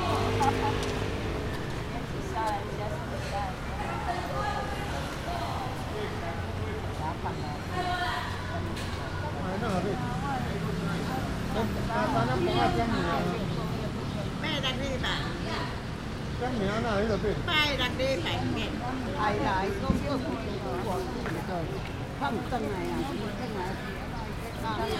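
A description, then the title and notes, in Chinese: Shude Park ambience: several people talk over one another in a steady murmur, with a few voices briefly standing out around 8 and 17 seconds. A continuous low rumble of passing vehicles runs underneath, and a short sharp knock sounds near the 20-second mark. 斯文里：耳朵限定×樹德公園半日。這片格局方正，大樹林立的老公園四週，被數間主神來自雲林一帶的宮廟圍繞。2023年末的一個晴朗冬日，耳朵星人從午前到午後，遊盪於這片公園的各個角落。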